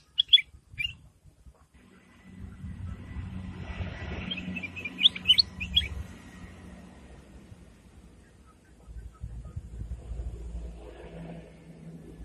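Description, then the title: Sooty-headed bulbul giving short bright chirpy phrases, a quick burst at the start and a bubbly run of notes midway, over low rumbling background noise. "Suara Burung Kutilang"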